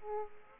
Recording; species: mosquito wingbeat signal from an infrared sensor; Aedes aegypti